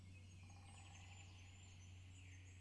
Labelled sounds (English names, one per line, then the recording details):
Great Spotted Woodpecker
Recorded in Germany
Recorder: ecoPi